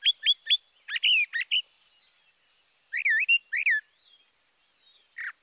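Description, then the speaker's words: Brown Thrasher singing emphatic, sharp phrases, several given in quick repeats, with pauses between groups. Emphatically delivered song; phrases typically given once or twice, paired; Thoreau rendered it as 'drop it, cover it up, cover it up, pull it up, pull it up, pull it up'. "Listen again to the emphatically delivered song of the brown thrasher."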